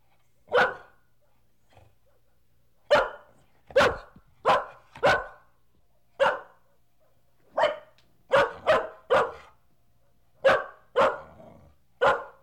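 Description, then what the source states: Dog barking repeatedly in quick short barks, often in twos and threes, against an otherwise quiet background. Medium-sized dog, barking.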